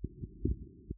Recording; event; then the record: neck accelerometer signal played as sound; voluntary cough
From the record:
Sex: male